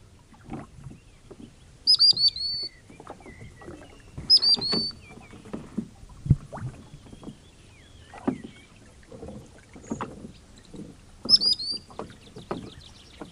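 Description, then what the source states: Common sandpiper giving three short, high, thin call phrases, with rowing sounds throughout. Recorded on a lake while rowing; rowing sounds audible.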